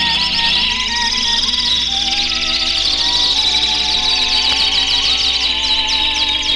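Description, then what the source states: Domestic canaries giving continuous bright rolling trills and rapid repeated notes over a background of held musical tones. A group of old-timer canaries from the master radio canary chorus, perched close together, singing in harmony.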